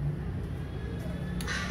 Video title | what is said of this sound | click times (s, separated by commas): Change Oil Shell AX5 Vic C110 CFMoto 400NK | Yun. Nag-click na. | 1.4 s